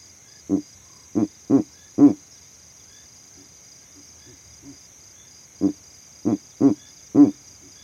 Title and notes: Owl Calling In The Savanna. This Verreaux's eagle owl advertised his territory from the exact tree that I set up my overnight sound recording rig in